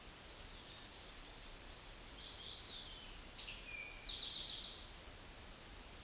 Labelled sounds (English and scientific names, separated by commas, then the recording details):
Eastern Towhee (Pipilo erythrophthalmus) song
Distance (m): 30 m
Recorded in a Pennsylvania forest on 17 May 2023 at 12:10
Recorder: AudioMoth, point grid1_40_low
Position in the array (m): 116 m, 213 m